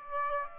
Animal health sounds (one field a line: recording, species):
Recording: mosquito wingbeat signal from an infrared sensor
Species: Aedes aegypti